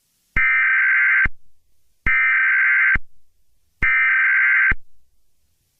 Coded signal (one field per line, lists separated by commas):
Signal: Emergency Alert System (SAME) tones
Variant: header bursts